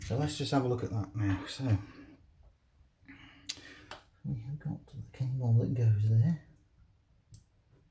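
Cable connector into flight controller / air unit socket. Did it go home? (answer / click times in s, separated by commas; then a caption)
yes / 7.3 s. Someone talks while a wiring harness cable plug is pushed into its socket on the flight stack (flight controller / air unit) of a 5-inch FPV quadcopter being built, with brief faint ticks near 3.5 s and 3.9 s. At 7.3 s a sharp, positive click sounds as the connector seats in its socket.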